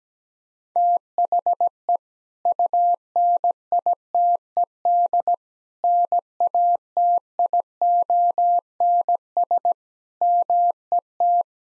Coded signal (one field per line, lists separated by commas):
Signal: Morse code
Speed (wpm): 17 wpm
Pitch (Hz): 700 Hz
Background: none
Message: THE UNITED NATIONS MET